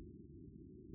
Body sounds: neck accelerometer signal played as sound; no cough (speech, laughter, throat clearing or background)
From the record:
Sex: male

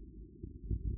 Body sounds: neck accelerometer signal played as sound; no cough (speech, laughter, throat clearing or background)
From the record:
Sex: male

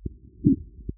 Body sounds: neck accelerometer signal played as sound; voluntary cough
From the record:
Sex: male

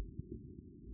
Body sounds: neck accelerometer signal played as sound; no cough (speech, laughter, throat clearing or background)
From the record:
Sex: male

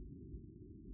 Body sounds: neck accelerometer signal played as sound; no cough (speech, laughter, throat clearing or background)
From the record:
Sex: female

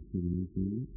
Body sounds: neck accelerometer signal played as sound; no cough (speech, laughter, throat clearing or background)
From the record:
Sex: male

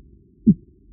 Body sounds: neck accelerometer signal played as sound; voluntary cough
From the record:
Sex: male

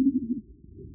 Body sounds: neck accelerometer signal played as sound; no cough (speech, laughter, throat clearing or background)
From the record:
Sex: male

